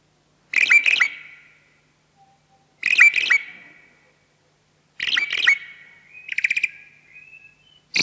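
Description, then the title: Javan pied starling giving repeated harsh double calls every two seconds or so, each ending in a fading whistle, with a brief buzzy rattle after the third. "Jalak Uren"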